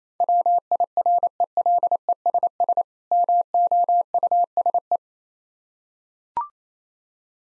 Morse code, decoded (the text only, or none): WIRELESS MOUSE